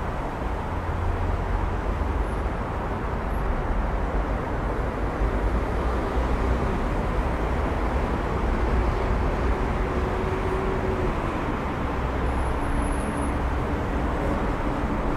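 A summer night on an old city street, with a steady, dense wash of traffic and street noise that stays level throughout. Low rumble sits underneath, a faint engine drone drifts past around the middle, and a thin high whine appears briefly near the end.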